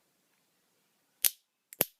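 A Ton Kooiman thumb rest is slid down the thumb-plate piece on the back of a clarinet or oboe. Sharp clicks at 1.3, 1.7 and 1.8 seconds come from ridges on its back ratcheting, not from anything breaking. The thumb rest is seated and held in position.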